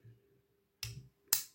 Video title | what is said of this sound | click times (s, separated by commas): test pinces perforatrices lidl | Clic. C'est pas évident. | 1.3 s